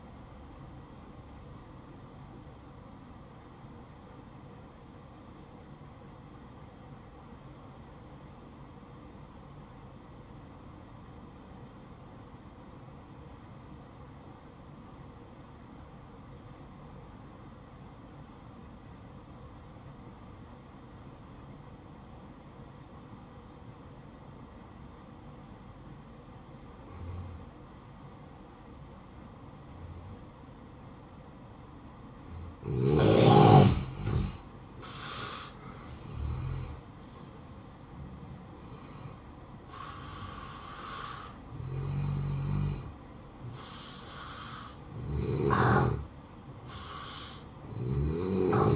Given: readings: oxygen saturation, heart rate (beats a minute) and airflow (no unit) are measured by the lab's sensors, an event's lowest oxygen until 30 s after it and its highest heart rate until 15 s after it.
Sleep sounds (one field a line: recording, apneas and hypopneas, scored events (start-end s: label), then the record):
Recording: breathing in sleep by a smartphone at the bedside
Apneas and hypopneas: 1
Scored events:
5.00-34.20 s: obstructive apnea (N1, oxygen 95% highest, then 85% lowest, heart rate 60 at the start, 67 highest)
From the record:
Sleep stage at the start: N1 (lightest sleep)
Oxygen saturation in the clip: 86 to 95%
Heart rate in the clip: 56 to 67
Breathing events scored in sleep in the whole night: 573 in 9.8 hours asleep